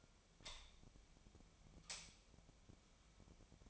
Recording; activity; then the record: daily activity, microphone in the room; light on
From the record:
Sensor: 1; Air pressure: 1009.8 hPa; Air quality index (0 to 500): 189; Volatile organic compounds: 17 ppm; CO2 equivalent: 2596 ppm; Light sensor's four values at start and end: 36/92/38/46 and 46/132/54/62